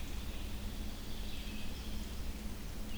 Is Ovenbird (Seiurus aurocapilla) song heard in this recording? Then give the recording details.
no. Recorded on 25 June 2016 at 06:44. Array SBT-6-76